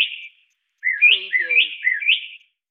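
Mockingbird call: a short burst of warbled notes, a pause, then a longer run of rising and falling slurred phrases, high-pitched and varied, with no other sounds.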